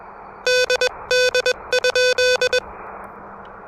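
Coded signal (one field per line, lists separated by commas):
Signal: Morse code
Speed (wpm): 21 wpm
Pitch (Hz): 1500 Hz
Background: none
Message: DD?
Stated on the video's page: Fast Morse during a POTA activation with the Elecraft KH1 handheld radio.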